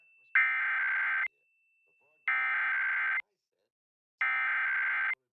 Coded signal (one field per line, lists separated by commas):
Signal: Emergency Alert System (SAME) tones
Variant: header bursts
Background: speech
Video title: EAS: Pennsylvania Required Monthly Tests (2/18/21)(EAS #592-598)